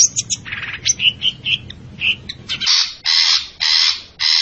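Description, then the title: Long-tailed shrike song: a jumble of short high chirps and squeaky notes, then a few loud harsh rasping bursts. Described with the Indonesian bird-keeping term 'gacor', meaning the bird is singing loudly and actively. "Cendet Gacor"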